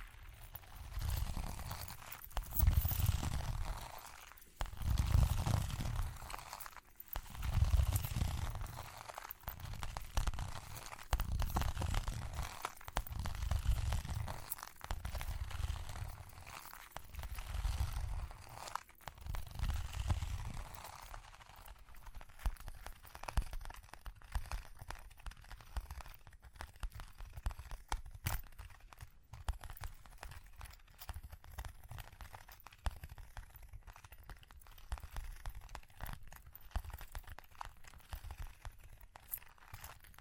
Tapping, Scratching, Ear Cleaning with Jingling Sounds